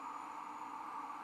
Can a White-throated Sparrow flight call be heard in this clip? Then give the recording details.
no. No flight call is heard. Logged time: 23:29 on 18 December 2014